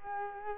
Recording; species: mosquito wingbeat signal from an infrared sensor; Culex quinquefasciatus